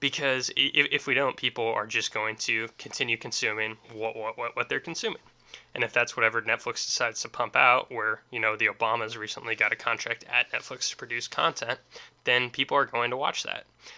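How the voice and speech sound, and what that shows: Adult male speaker who stutters and stammers, with word repetitions such as "what, what, what, what" and "if, if".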